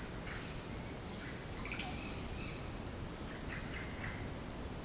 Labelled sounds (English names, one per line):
Russet-backed Oropendola
Red-bellied Macaw